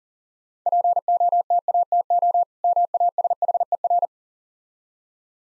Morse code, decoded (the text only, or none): POTATO MASHER